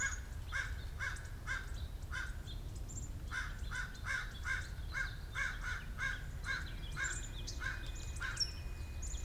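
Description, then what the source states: Bird giving harsh, cawing calls in a quick repeated series, about two per second, with a brief pause and a steady low rumble underneath. Recorded 9 January 2015.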